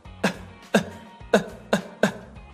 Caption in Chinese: 稍微的小小的咳一下就可以了。 咳到一半的时候呢停住，这个时候我们发现我们的声带状态是闭合住的啊。